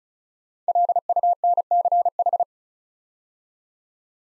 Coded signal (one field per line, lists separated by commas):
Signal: Morse code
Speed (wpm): 36 wpm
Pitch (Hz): 700 Hz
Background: none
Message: LUNCH